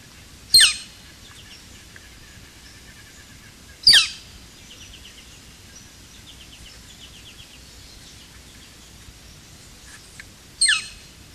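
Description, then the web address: Northern Flicker giving sharp, high, downslurred notes, three loud ones spaced about three and seven seconds apart. "chant xeno-canto pic flamboyant"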